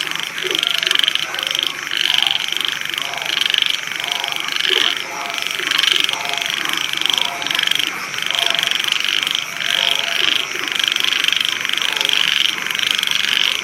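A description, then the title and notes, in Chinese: Frogs and insects in countryside fields call without pause, a dense bright chorus pulsing in quick regular bursts, with lower croaks scattered beneath. 老家乡村田间的蛙声虫鸣。乡村春日蛙声虫鸣。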